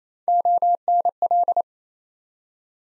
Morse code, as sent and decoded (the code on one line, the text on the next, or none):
--- -. .-..
ONL